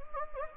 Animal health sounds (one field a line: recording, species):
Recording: mosquito wingbeat signal from an infrared sensor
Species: Anopheles gambiae